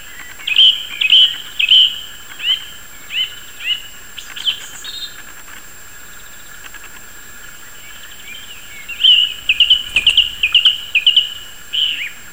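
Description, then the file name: Song thrush singing short, high whistled and chirping phrases, then a pause of several seconds before a faster run of repeated notes, over a steady thin background hum. "singdrossel audioton"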